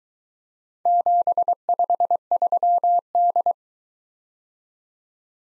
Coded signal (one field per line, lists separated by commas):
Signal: Morse code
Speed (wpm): 23 wpm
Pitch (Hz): 700 Hz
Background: none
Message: 753D